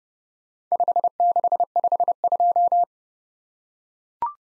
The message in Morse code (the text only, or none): 5652